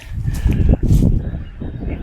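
Someone rotates the metal cam latch on the rear tailgate of a Load Trail utility trailer until it cams out, then slides it free to release the tailgate. Sharp metallic clicks land at 0.5 s and 0.7 s over low rumbling handling noise. The latch is released, freeing the tailgate.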